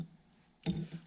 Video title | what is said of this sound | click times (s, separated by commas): YZ85/YZ80 Top End Motor Rebuild | there you go you just twist it till it snaps and | 0.7 s